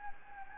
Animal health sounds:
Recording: mosquito wingbeat signal from an infrared sensor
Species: Anopheles gambiae

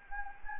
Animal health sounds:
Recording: mosquito wingbeat signal from an infrared sensor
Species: Anopheles gambiae

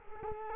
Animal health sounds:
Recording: mosquito wingbeat signal from an infrared sensor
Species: Culex quinquefasciatus

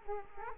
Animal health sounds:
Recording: mosquito wingbeat signal from an infrared sensor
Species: Culex quinquefasciatus

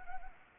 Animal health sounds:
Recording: mosquito wingbeat signal from an infrared sensor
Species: Anopheles gambiae

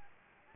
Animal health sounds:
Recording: mosquito wingbeat signal from an infrared sensor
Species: Anopheles gambiae

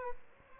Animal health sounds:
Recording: mosquito wingbeat signal from an infrared sensor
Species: Aedes albopictus

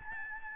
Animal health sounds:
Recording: mosquito wingbeat signal from an infrared sensor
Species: Aedes albopictus

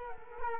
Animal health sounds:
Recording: mosquito wingbeat signal from an infrared sensor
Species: Culex quinquefasciatus

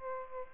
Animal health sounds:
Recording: mosquito wingbeat signal from an infrared sensor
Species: Aedes albopictus

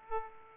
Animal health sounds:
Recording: mosquito wingbeat signal from an infrared sensor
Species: Aedes aegypti

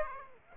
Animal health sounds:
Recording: mosquito wingbeat signal from an infrared sensor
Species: Aedes aegypti

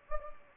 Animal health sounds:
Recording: mosquito wingbeat signal from an infrared sensor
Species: Anopheles gambiae

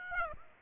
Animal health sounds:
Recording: mosquito wingbeat signal from an infrared sensor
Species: Aedes aegypti

